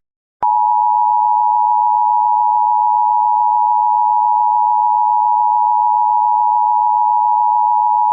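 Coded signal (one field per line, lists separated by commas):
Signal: Emergency Alert System (SAME) tones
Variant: 853 and 960 Hz attention tone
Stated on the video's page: Fictional Polish television alert modelled on the American Emergency Alert System.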